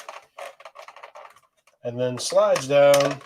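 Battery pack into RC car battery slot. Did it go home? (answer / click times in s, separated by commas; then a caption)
no / none. A battery pack is placed into the battery slot of an RC car and slid down, with a run of faint, quick taps and scrapes in the first second and a half. Someone then talks. The pack has not yet locked into place, and nothing has seated or clicked yet.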